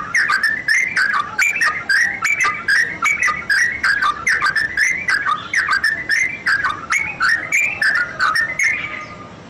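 Bird singing a dense, fast stream of sharp whistled and clicking notes, slightly tapering off at the end.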